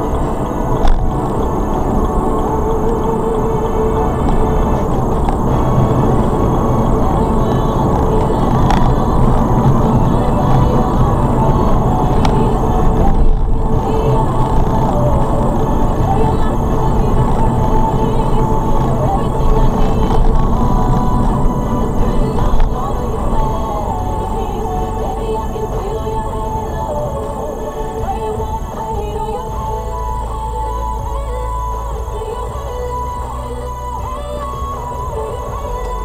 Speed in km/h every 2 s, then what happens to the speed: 76, 85, 92, 93, 93, 92, 89, 84, 79, 74, 66, 56, 44, 31, 19, 10, 0, 0.
0-5 speeds up to 93. 5-11 steady at about 93. 11-32 brakes to 0. 32-36 standing.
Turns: none.